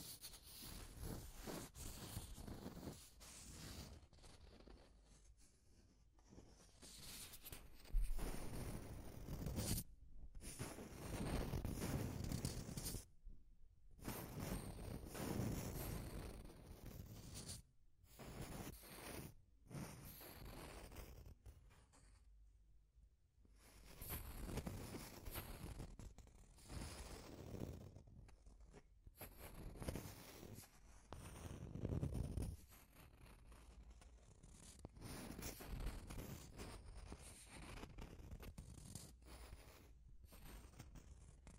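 Deep scratching runs in rough, rasping bursts, each lasting a second or a few seconds and separated by brief silences. The strokes are gritty and full, heaviest in the low end, swelling and fading irregularly with strong pushes near 8, 15 and 32 seconds.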